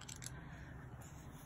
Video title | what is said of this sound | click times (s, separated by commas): The Platinum 3776 Unboxing 04Jan21 HD 1080p | has a very satisfying click sound when it's shut | 0.1 s, 0.3 s